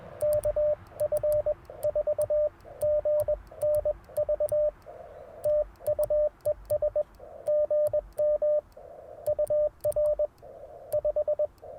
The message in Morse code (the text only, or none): KF4GNV TU ES GM UR 5